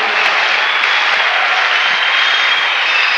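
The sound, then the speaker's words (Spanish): A large crowd at a convention applauds steadily for the sponsors and the diamond members, a dense, loud wash of clapping that holds at an even level for the whole stretch with no voices rising above it. “Ellos han trabajado muy duro para que esto se haga realidad, y a todos los diamantes de ustedes, denle un aplauso, que han trabajado fuerte y duro para esta convención.”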